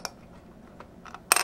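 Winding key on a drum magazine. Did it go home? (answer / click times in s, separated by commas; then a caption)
yes / 1.3 s. The winding key on a 75-round AK drum magazine is turned until it clicks into place, so the drum can be tensioned for shooting. A light metallic tick at 0.05 s and faint ticks near 0.8 s and 1.1 s lead to a sharp, loud click at 1.3 s. The key is seated.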